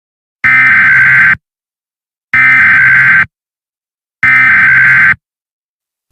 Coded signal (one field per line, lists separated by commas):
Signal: Emergency Alert System (SAME) tones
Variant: header bursts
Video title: EAS Scenario Story-The Tom Show (Warning: Foul language)